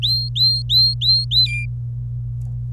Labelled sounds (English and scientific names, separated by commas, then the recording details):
Domestic Canary (Serinus canaria) song
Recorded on 25 April 2018 at 16:33
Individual llb3